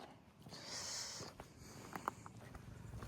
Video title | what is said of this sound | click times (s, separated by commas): Xmax Tech Max + 2026 de A à Z présentation complète | De côté pareil. Hein. Clac, ça claque bien des deux côtés. | 2.1 s